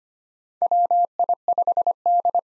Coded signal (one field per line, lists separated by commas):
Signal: Morse code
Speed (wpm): 25 wpm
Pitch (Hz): 700 Hz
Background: none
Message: WI5D